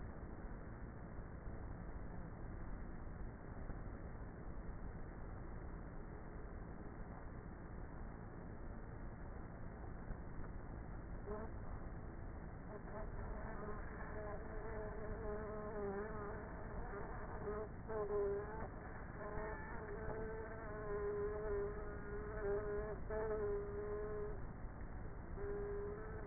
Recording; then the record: honeybee colony, microphone inside the hive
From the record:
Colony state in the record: queenless with a low population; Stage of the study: before two queens were removed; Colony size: about 30,000 bees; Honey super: no